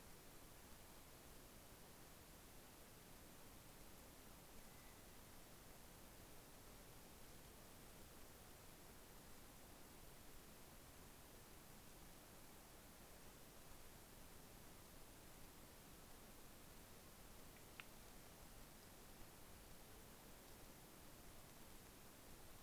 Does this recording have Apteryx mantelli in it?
no